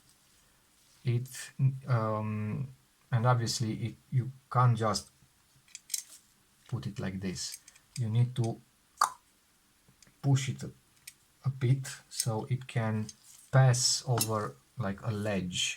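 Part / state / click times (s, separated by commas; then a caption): rotating camera part into rangefinder camera top plate / seated / 9.0 s. A rotating part is pushed over a ledge into the top plate of a custom-painted metal Zorki 4K rangefinder camera body. Someone talks throughout, and a sharp, plop-like click at 9.0 s marks the part seating in place, after which it spins freely.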